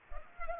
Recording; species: mosquito wingbeat signal from an infrared sensor; Culex pipiens